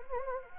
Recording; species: mosquito wingbeat signal from an infrared sensor; Anopheles gambiae